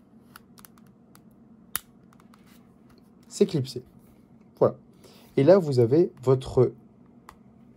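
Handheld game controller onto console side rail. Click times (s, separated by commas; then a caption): 1.8 s. A plastic game controller, turned the right way round with the jig in the right rail, is gently slid onto the side rail of a handheld game console. A few faint ticks come before a single loud, sharp snap at 1.8 s as it clips in and seats, and then someone talks.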